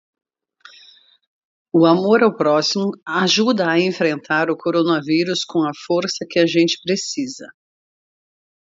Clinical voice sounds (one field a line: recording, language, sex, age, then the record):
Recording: spoken sentence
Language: Brazilian Portuguese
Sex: female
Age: 50 to 59 years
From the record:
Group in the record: control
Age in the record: 58 years